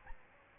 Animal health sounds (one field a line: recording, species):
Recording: mosquito wingbeat signal from an infrared sensor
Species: Aedes albopictus